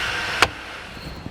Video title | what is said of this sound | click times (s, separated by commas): etrailer - Install: PTC Custom Fit Cabin Air Filter on a 2017 Ford F-250 Super Duty | that'll snap into place make sure it does click all the way in | 0.4 s